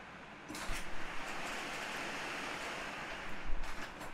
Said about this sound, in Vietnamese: Thấy mưa lớn chưa? Nãy giờ mưa lâm râm còn đọc được, giờ mưa lớn.